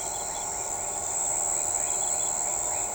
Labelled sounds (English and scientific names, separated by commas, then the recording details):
none
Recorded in shrubland near Pivijay, Magdalena, Colombia, on 16 April 2023 at 03:30
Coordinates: 10.453, -74.365
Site P5-G022